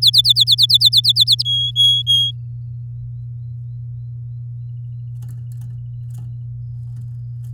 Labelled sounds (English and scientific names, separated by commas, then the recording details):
Domestic Canary (Serinus canaria) song
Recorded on 9 May 2018 at 12:55
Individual llb16